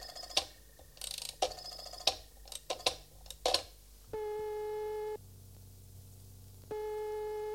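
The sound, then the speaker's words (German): A burst of mechanical clicking and ratcheting from a telephone being dialed to call police headquarters, followed by two long, steady electronic ringing tones separated by a pause. “Kann ich bei Ihnen telefonieren?”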